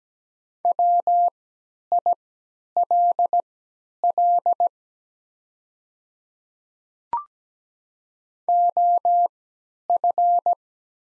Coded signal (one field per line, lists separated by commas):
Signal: Morse code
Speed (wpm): 17 wpm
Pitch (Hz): 700 Hz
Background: none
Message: WILL OF